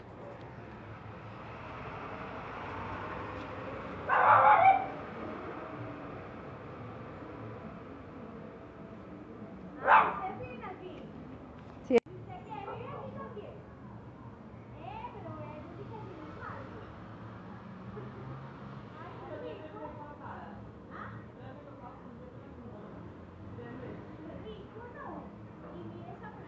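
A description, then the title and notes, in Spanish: An urban soundscape with a steady low murmur of traffic and voices filling the background. Louder bursts stand out near 4 and 10 seconds, and a sharp click or knock lands around 12 seconds. Scattered speech continues in the second half. Paisaje sonoro urbano.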